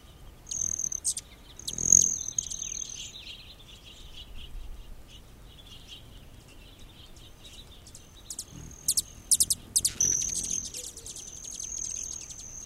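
Hummingbird calls: thin, very high sustained whines broken by sharp ticking chips, in two bursts near the start and after the eighth second.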